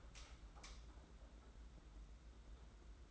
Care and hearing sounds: daily activity, microphone in the room; light on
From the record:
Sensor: 3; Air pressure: 991.9 hPa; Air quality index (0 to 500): 221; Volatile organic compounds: 1000 ppm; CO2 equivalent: 7562 ppm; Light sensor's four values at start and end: 16/38/15/14 and 24/64/26/23

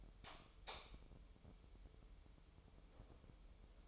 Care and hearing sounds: daily activity, microphone in the room; light on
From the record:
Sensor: 1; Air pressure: 988.4 hPa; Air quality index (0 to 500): 198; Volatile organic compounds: 1000 ppm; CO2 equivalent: 5306 ppm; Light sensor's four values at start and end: 8/22/9/10 and 12/38/14/16

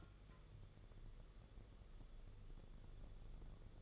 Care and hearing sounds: daily activity, microphone in the room; take from stove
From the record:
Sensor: 4

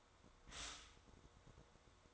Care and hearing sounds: daily activity, microphone in the room; stop toaster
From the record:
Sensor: 3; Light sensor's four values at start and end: 4/11/4/4 and 4/11/4/4

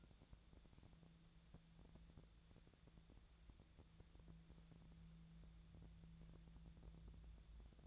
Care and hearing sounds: daily activity, microphone in the room; wipe stove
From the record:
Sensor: 3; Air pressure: 1000.5 hPa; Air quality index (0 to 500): 175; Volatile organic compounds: 3 ppm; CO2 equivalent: 1519 ppm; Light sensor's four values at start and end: 14/33/14/15 and 14/33/14/14

